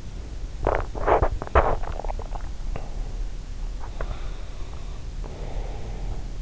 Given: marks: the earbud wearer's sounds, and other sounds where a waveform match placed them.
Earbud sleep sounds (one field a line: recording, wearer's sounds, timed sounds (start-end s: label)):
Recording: sounds in sleep by an in-ear microphone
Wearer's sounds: teeth grinding, swallowing, breath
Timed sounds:
0.56-1.96 s: teeth grinding
1.96-3.02 s: swallowing
4.93-6.33 s: breath